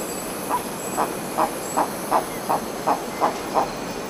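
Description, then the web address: Baudo guan calling in a steady series of short, hoarse notes about three per second, with shrill insects buzzing in the background. Recorded in Ecuador. "S America Birds of Ecuador. Baudo Guan"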